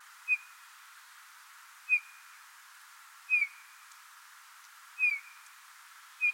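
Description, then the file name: Eurasian bullfinch calls: mellow, plaintive piped notes, five of them spaced roughly one to two seconds apart, each brief and slightly falling, against quiet hiss. "Pyrrhula pyrrhula"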